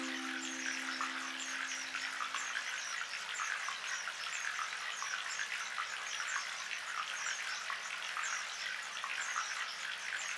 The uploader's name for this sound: Birds Chirping and Gentle Running Water